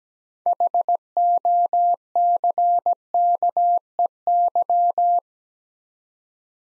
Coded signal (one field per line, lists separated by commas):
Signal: Morse code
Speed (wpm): 18 wpm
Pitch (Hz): 700 Hz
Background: none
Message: HOCKEY